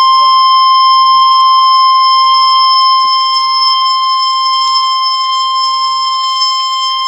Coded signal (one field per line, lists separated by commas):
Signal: Emergency Alert System (SAME) tones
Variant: 1050 Hz attention tone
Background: speech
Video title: EAS 135 - Tornado Warning in Arkansas